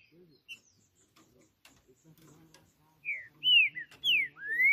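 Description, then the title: Green-winged saltator song: after a quiet stretch with faint ticking and low sounds, a burst of loud, slurred whistled notes that rise and fall. Singing on a roof during a song contest between birds named Justiceiro and FBI; described as chirping, singing and showing male aggression. "Esse É PERFEITO Para ESQUENTAR Seu TRINCA Piando, Cantando E Macheando Na DISPUTA. Trinca Ferro CANTANDO MUITO de CARA em CIMA do TELHADO! Disputa INSANA!! TRINCA JUSTICEIRO & FBI"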